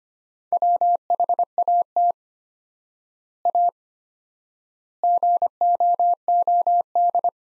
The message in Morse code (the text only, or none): WHAT A GOOD